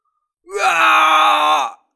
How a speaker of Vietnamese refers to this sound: Nó hét thảm.